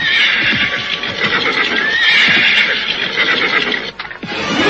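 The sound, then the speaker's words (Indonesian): A horse whinnies loudly in a long, shrill, wavering neigh that holds for several seconds as its rider reins it to a stop on a road at night, with faint hoof clatter and rustling underneath and no one speaking. “Aku juga harus menghentikan langkah kudaku. Hop!”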